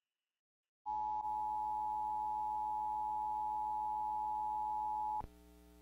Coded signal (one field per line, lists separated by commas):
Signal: Emergency Alert System (SAME) tones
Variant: 853 and 960 Hz attention tone